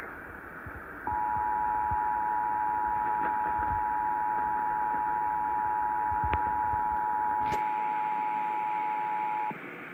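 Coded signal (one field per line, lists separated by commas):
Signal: Emergency Alert System (SAME) tones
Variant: 853 and 960 Hz attention tone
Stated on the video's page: Ohio required monthly test SAME tones, originated by the state emergency management agency and relayed by Ohio radio and TV stations, some relaying later than usual.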